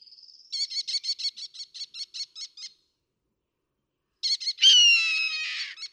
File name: Red-tailed Hawk